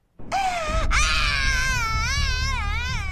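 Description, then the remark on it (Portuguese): A kidnapped two-year-old cries loudly and continuously, a high wavering wail with shaky, trembling pitch that starts with a short sob and then holds steady for about three seconds, with no talking. “Quer ouvir ele de novo? Faz o que a gente falou.”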